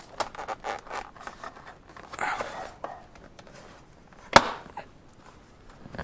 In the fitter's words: that snaps right in and then we have to replace the screw